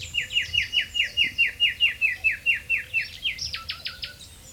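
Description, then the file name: Common nightingale song: a fast, even series of many identical sharp notes, then a quicker burst of higher, chattering notes fading at the end. "Luscinia megarhynchos"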